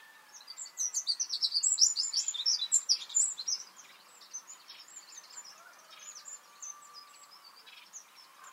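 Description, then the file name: Eurasian wren song: a loud rapid stream of high trills and twitters that trails off into quieter chips, with a faint whistle behind. "Troglodytes troglodytes"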